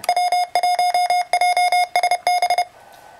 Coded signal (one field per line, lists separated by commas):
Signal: Morse code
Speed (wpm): 31 wpm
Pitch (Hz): 2150 Hz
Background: none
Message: W1JSB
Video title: RadioSet-GO QRP transceivers - brief overview and demo by Hanz, W1JSB